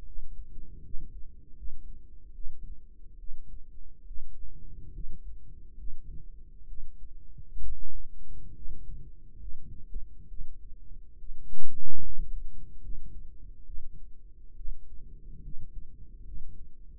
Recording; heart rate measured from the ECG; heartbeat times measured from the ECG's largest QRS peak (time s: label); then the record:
heart sounds by microphone in the right ear; 70 bpm
0.04 s: heartbeat
0.82 s: heartbeat
1.55 s: heartbeat
2.33 s: heartbeat
3.17 s: heartbeat
4.05 s: heartbeat
4.92 s: heartbeat
5.76 s: heartbeat
6.66 s: heartbeat
7.60 s: heartbeat
8.53 s: heartbeat
9.37 s: heartbeat
10.27 s: heartbeat
11.17 s: heartbeat
12.01 s: heartbeat
12.80 s: heartbeat
13.64 s: heartbeat
14.54 s: heartbeat
15.41 s: heartbeat
16.23 s: heartbeat
From the record:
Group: healthy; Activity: rest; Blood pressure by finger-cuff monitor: 118/65 mmHg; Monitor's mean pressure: 83 mmHg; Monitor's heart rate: 69 bpm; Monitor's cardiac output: 6.7 L/min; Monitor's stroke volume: 97 mL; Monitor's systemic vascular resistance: 900 dyn s/cm5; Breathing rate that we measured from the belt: 17 breaths a minute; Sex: female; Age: 22 years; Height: 154 cm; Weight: 58.7 kg